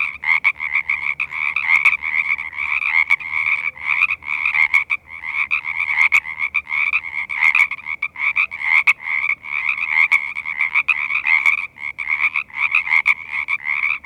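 Sierran treefrog chorus: many overlapping raspy croaks, repeated rapidly and continuously throughout, with occasional sharp clicks.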